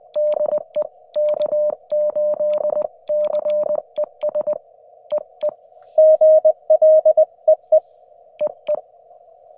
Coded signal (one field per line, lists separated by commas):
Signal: Morse code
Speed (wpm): 21 wpm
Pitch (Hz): 590 Hz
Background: none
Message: DE K8CES EE GL EE EE